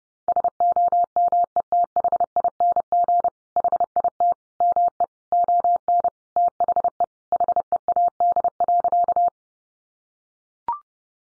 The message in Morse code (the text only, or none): SOMETHING HIT ME ON THE HEAD.